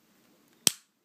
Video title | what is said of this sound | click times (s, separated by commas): Démonter un rubik's cube 2x2x4 - Démonter et remonter une rubik's cube | hop là, on a entendu un clic, c'est normal. | 0.7 s